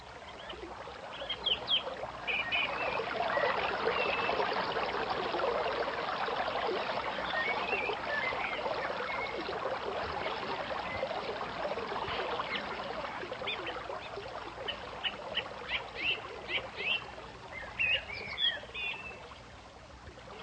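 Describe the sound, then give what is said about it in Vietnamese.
Steady rushing of flowing river water fills the scene, a broad continuous wash, while high bird chirps and tweets flicker above it in scattered bursts, growing busier toward the end. “Chàng đi rẽ vào vườn, rồi chàng mới đi ra ở ngoài bờ sông.”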